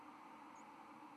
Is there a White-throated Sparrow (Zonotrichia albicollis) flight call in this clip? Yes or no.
no